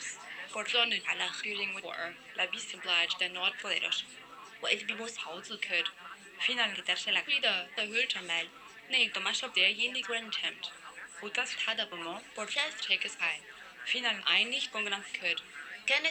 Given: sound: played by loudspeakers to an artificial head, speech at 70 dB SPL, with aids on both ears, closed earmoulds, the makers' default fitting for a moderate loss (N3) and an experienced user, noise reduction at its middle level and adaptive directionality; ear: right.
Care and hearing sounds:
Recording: speech test signal (ISTS) in cocktail-party noise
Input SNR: 0 dB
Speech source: in front (0 degrees)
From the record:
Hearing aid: class 1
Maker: I

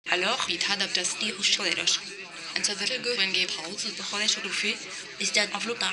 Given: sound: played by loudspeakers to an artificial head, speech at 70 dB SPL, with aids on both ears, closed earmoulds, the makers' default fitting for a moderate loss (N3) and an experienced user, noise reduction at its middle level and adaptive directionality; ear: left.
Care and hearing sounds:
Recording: speech test signal (ISTS) in cocktail-party noise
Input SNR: +6 dB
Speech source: in front (0 degrees)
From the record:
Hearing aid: class 1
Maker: B

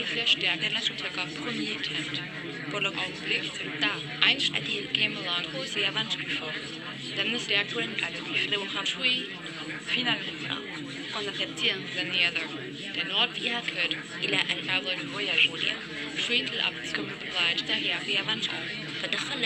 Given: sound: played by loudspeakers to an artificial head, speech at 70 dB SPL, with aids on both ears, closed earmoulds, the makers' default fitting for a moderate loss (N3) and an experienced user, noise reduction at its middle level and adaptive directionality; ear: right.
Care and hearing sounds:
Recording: speech test signal (ISTS) in cocktail-party noise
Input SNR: -6 dB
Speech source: in front (0 degrees)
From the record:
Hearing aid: class 1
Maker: C

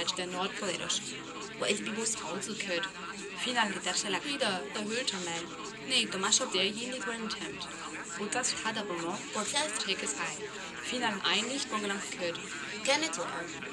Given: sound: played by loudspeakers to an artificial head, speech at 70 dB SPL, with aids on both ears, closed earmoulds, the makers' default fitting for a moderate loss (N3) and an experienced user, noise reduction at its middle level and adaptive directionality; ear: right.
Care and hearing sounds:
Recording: speech test signal (ISTS) in cocktail-party noise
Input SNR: 0 dB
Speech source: on the right (90 degrees)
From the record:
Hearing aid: class 2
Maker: E

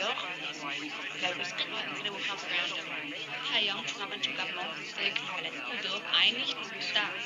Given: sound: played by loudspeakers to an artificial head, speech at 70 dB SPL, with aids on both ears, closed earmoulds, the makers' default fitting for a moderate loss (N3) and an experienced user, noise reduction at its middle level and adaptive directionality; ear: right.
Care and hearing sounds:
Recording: speech test signal (ISTS) in cocktail-party noise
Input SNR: -3 dB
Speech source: in front (0 degrees)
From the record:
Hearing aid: class 1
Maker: G

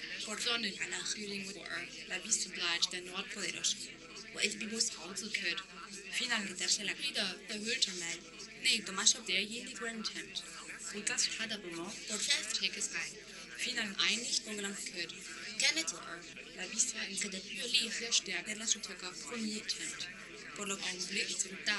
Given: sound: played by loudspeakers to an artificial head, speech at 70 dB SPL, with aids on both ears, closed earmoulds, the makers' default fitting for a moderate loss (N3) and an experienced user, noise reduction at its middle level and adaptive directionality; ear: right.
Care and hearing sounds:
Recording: speech test signal (ISTS) in cocktail-party noise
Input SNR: +3 dB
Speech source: in front (0 degrees)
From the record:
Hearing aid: class 1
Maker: H

